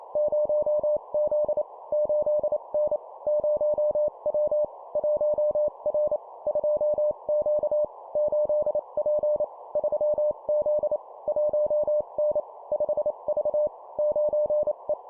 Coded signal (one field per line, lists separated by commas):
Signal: Morse code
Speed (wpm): 28 wpm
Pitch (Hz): 600 Hz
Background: none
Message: 0Z 8N 0W 1R 2Q 8P 3Z 1N 5V 9E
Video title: 25wpm Two number letter words, cw morse code